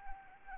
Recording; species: mosquito wingbeat signal from an infrared sensor; Anopheles arabiensis